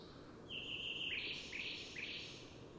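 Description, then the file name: Eurasian wren song fragment: a few high, shrill notes in quick succession over a hissing background. "Troglodytes troglodytes"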